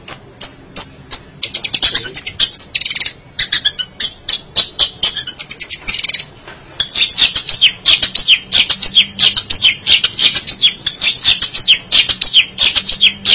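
Long-tailed Shrike song: a long, varied, scratchy chatter of high notes with brief pauses.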